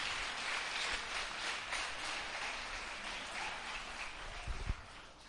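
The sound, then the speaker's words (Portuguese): A church audience applauds the Lord during a sermon, clapping steadily in a dense, even wash of applause that holds at a constant level throughout, with a couple of low thumps near the end and no voices. “Pode aplaudir o Senhor, meu irmão.”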